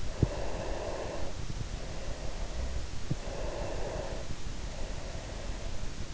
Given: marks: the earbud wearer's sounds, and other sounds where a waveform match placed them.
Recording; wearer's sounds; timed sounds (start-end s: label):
sounds in sleep by an in-ear microphone; breath
0.30-3.09 s: breath
3.35-6.14 s: breath